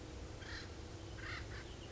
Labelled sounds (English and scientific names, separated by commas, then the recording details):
Acorn Woodpecker (Melanerpes formicivorus)
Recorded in Sonoma County, California